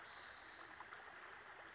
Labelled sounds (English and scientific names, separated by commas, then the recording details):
Spotted Towhee (Pipilo maculatus)
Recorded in Sonoma County, California